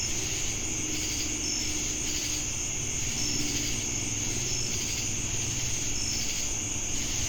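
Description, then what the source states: Steady shrill cricket trilling with short chirps about every one and a half seconds, throbbing insect buzz, and a low engine-like hum in the background. Crickets with cicadas, Jamestown, North Carolina, USA, 10 August 2018.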